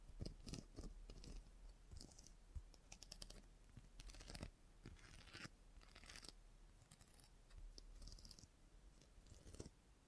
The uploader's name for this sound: Salon Haircut Head Massage, Scissors and Clipper